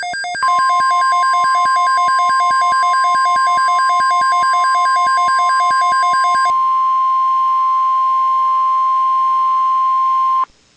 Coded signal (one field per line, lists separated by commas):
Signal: Emergency Alert System (SAME) tones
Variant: 1050 Hz attention tone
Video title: Severe Thunderstorm Watch (EAS #369)